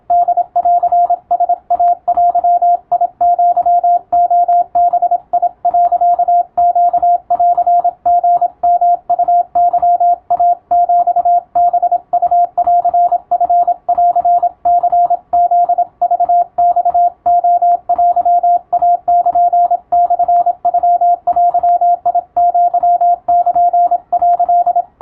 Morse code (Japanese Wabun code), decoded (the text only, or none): ホンライデアレバ、ネンリヨウケイヒハウンチンニフクマレテイルモノデアル」